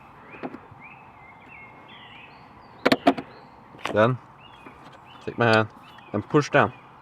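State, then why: Not seated. On an original Saab 9-3 (YS3D), the plastic cabin air filter cover is being pushed down by hand into the filter housing, with short, sharp handling knocks over a low background hiss while someone talks. Nothing has seated or clicked into place yet.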